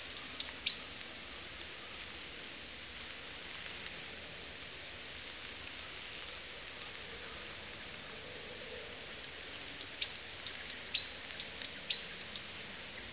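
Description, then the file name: Varied tit song: high thin whistled notes with downward slurs, a burst at the start, scattered softer notes, then a louder rapid repeated series near the end. "yamagara"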